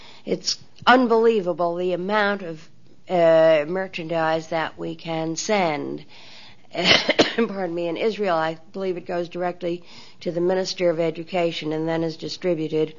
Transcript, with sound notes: It's unbelievable the amount of merchandise that we can send. (she coughs) In Israel, I believe it goes directly to the Minister of Education and then is distributed